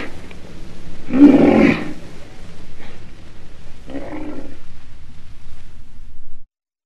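Black rhinoceros giving two harsh, raspy growls about three seconds apart, the first louder, over a low rumbling background that stops abruptly near the end.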